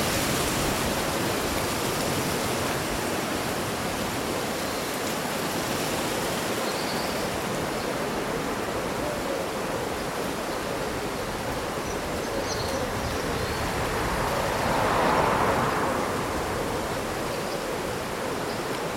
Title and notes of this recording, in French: Vent lors d’une journée d’été : Feuilles bruissantes et chants d’oiseaux. La symphonie des feuilles qui bruissent et les mélodies des oiseaux locaux